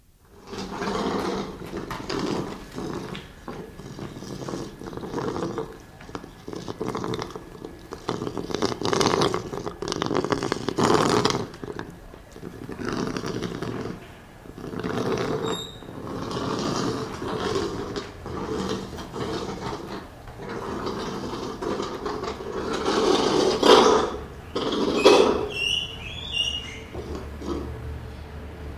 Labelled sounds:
Asian Golden Cat growling
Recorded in captivity
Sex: male
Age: adult
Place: Tierpark Görlitz, Sachsen, DE
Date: 1988-02-24
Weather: overcast, ca. 0°C
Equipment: Nagra SN
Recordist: Tembrock, Günter

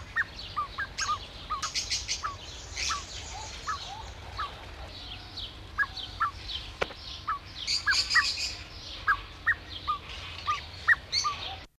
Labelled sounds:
Ruff call
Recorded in captivity
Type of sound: call
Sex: female
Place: Zoo Hannover, Niedersachsen, DE
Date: 1976-05-26
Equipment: Halbspur, 9,5 cm/s
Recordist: Lütgens, Hans
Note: Weibchen während Balz der Männchen, Zoo

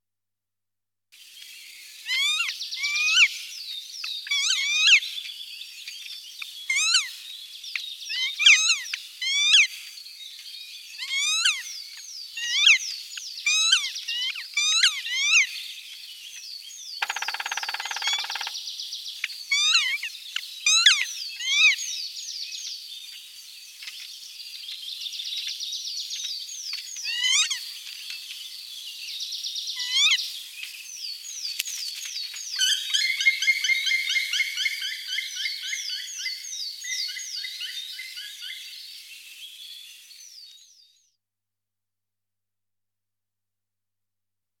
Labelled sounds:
Black Woodpecker drumming
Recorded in the wild
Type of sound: call, drumming
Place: Jägerhof / Breisach am Kaiserstuhl, Baden-Württemberg, DE
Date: 1984-04-20
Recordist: Schwarz, Dieter
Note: Call and drumming

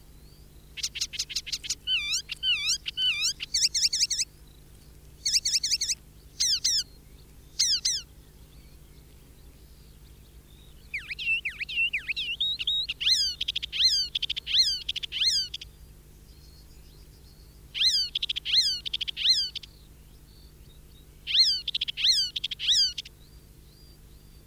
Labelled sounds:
Icterine Warbler song
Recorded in the wild
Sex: male
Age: adult
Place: Erlangen, Bayern, DE
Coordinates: 49.6031, 10.9581
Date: 1964-05-09
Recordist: Tretzel, Erwin

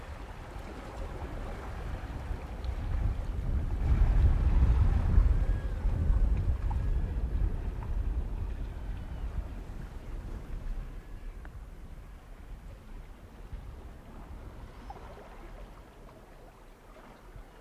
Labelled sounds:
Sea Otter call
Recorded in the wild
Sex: diverse
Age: diverse
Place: Insel Mednyi, Kommandeur-Inseln, RU
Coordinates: 54.5167, 168.083
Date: 1999-08-25 19:21
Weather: cloudy, 10°C, weak southerly winds
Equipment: Sony TCD-D8, Sennheiser MKH 70, Windkorb
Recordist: Frommolt, Karl-Heinz
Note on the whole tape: Kap Drowjanskoi (Glinka): Laute von Seeottern. Tiere befinden sich im Wasser. Sowohl Alttiere als auch Jungtiere zu sehen. Entfernung 40 m

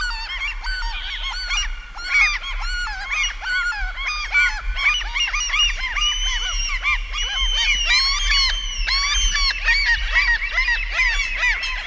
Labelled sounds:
Common Gull call
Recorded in the wild
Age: adult
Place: Halbinsel Kindo, Karelien, RU
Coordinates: 66.5356, 33.0611
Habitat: upland moor
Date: 1994-06-24
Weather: cloudy, 15°C
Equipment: Sony TCD-D3, Sennheiser ME 80, K 30 AV (I), Windschutz
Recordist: Frommolt, Karl-Heinz

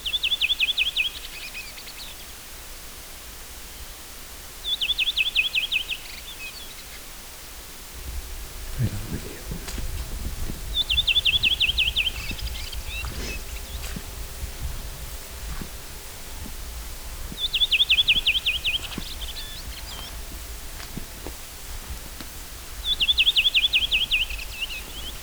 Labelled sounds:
Redwing song
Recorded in the wild
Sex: male
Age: adult
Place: Halbinsel Kindo, Karelien, RU
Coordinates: 66.5511, 33.0306
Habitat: taiga
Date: 1996-06-23
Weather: overcast, ca. 10 °C
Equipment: Sony TCD-D3, Sennheiser MKH 70, Windkorb
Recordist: Frommolt, Karl-Heinz

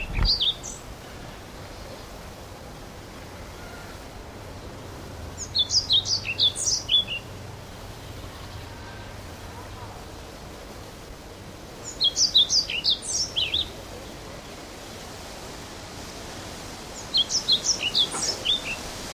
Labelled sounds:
European Pied Flycatcher song
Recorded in the wild
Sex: male
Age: adult
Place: Mühlenbecker Land, OT Summt, Brandenburg, DE
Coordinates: 52.6931, 13.3619
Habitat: garden
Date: 1988-06-12 12:38
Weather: sunny, 14-18°C, windy
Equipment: Nagra SN, Kopie Tesla B 116
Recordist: Tembrock, Günter

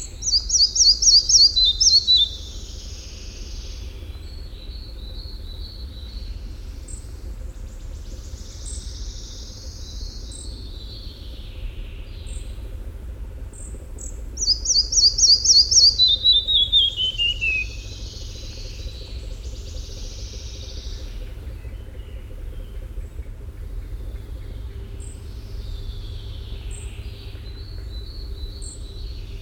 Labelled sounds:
Red-breasted Flycatcher song
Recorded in the wild
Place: Lohme, Insel Rügen, Mecklenburg-Vorpommern, DE
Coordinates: 54.565, 13.615
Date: 1981-06-24
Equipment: Nagra III BH, Sennheiser MD 21, parabola
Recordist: Schubert, Michael

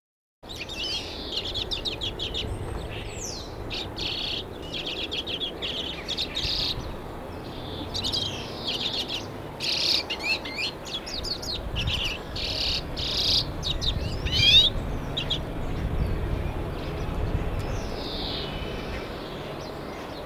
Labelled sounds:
Common Redpoll
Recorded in the wild
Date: 1978-03-25
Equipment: Nagra III BH, Sennheiser MD 21
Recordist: Schubert, Michael

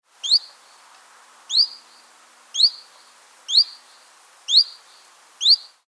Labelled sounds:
Common Chiffchaff
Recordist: Tembrock, Günter
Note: Rufe

